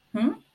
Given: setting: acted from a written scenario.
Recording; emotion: vocal sound without words; confusion